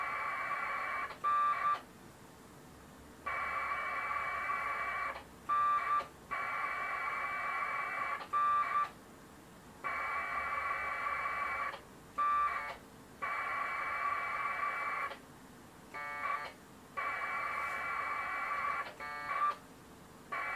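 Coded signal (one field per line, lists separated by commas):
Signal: packet radio (AX.25, as in APRS)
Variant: 1200 baud AFSK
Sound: repeated raspy two-tone data bursts of about two seconds, separated by brief pauses and clicks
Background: radio static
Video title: Packet Radio UNIX shell session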